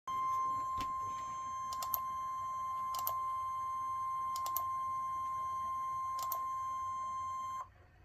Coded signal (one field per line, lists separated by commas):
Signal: Emergency Alert System (SAME) tones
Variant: 1050 Hz attention tone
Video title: (L.S. EAS #321) Severe Thunderstorm Warning for Louisville, KY